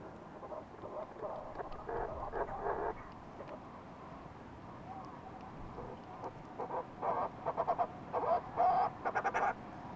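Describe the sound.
Fulmar prion calls: soft pulsed croaks early on, then louder rapid stuttering bursts clustered toward the end.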